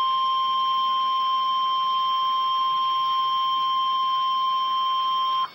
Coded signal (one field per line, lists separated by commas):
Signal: Emergency Alert System (SAME) tones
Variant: 1050 Hz attention tone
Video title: REAL EAS 631-Tornado Warning